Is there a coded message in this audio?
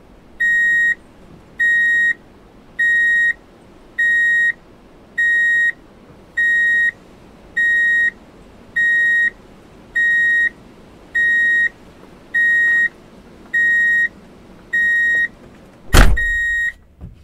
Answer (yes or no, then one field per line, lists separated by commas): no